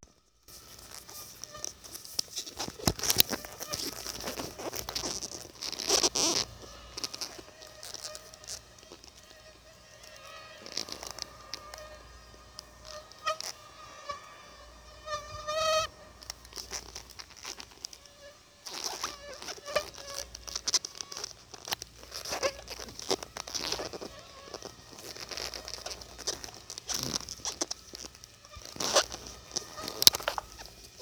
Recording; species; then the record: mosquito flight sound by mobile phone; Aedes albopictus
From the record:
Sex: female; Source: CDC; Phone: Sony Xperia